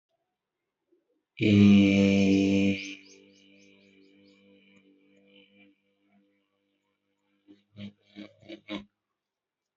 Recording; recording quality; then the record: sustained vowel as in made; excellent, no background noise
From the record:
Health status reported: respiratory illness, not identified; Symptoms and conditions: none ticked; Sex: male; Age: 21 years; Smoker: not ticked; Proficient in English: yes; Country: India